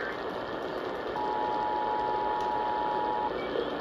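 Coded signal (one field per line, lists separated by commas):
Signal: Emergency Alert System (SAME) tones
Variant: 853 and 960 Hz attention tone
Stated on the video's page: Required Monthly Test from Albany, NY.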